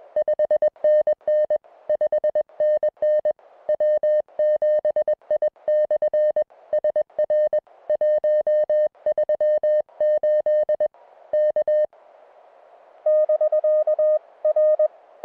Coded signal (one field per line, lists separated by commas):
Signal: Morse code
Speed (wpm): 21 wpm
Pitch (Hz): 590 Hz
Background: music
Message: 5NN 5NN W7I/SR 138 K <BK> R